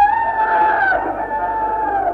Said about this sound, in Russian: Третий петух.